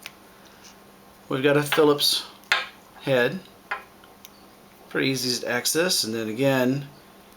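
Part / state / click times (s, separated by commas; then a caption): folding tool implement locking open in a multi-tool handle / not seated / none. Someone talks while handling a Leatherman Juice S2 pocket multi-tool, swinging a steel implement open from the handle. A few faint metallic taps come between the words. Nothing has snapped or locked into place yet.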